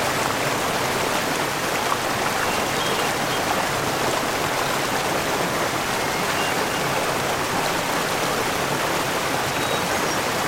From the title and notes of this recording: In early summer there are enough rocks sticking out so walking up it is possible.